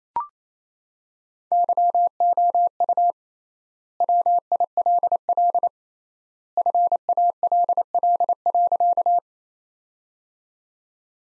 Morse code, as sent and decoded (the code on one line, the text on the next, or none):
-.-- --- ..- / .-- .. .-.. .-.. / ..-. .- .-.. .-.. .-.-.-
YOU WILL FALL.